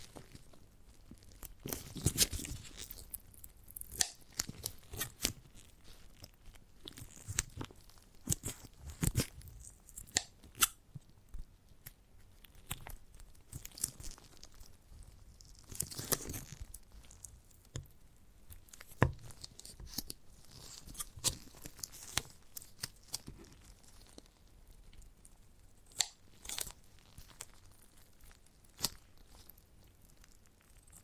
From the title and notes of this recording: ASMR of a Giant Gummy Bear (No Talking).